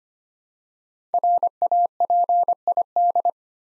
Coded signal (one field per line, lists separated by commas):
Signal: Morse code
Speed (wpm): 26 wpm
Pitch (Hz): 700 Hz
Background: none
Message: RAPID